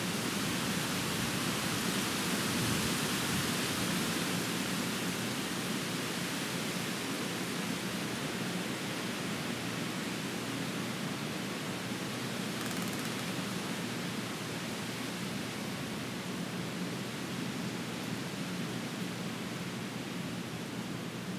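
Wind moves through the trees in a steady, dense rush that fills everything from a soft low roar to a bright hiss. The level holds nearly even throughout, swelling slightly around the third second, with a brief brighter flutter near the thirteenth.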